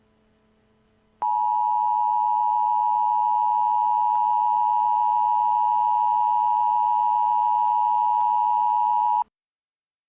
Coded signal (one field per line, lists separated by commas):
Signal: Emergency Alert System (SAME) tones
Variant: 853 and 960 Hz attention tone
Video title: EAS Scenario: Tomato Takeover